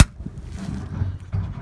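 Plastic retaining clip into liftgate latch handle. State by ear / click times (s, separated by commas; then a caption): seated / 0.0 s. A plastic retaining clip is pushed through a new liftgate latch handle on a Toyota Tundra and snaps into place with one sharp, loud click at 0.0 s. Low rumbling handling noise follows, with a softer bump at about 1.3 s.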